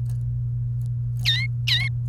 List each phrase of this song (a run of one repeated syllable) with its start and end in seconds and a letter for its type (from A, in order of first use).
1.25-1.88 A